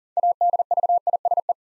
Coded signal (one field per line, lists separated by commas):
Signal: Morse code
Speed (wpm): 40 wpm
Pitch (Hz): 700 Hz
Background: none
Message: ADVISE